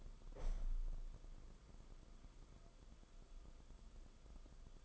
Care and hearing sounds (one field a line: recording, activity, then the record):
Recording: daily activity, microphone in the room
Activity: open window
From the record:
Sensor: 5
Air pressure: 994.4 hPa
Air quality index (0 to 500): 186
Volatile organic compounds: 1000 ppm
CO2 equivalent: 5474 ppm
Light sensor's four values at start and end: 12/29/12/13 and 12/30/12/14